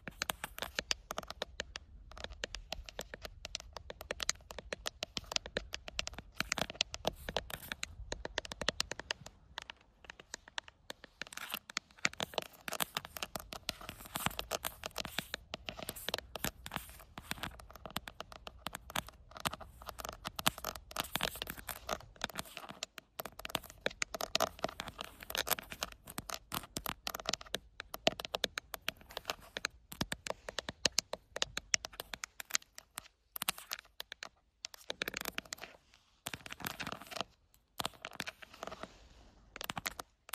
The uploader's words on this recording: ASMR Outdoor Camera Tapping! No Talking.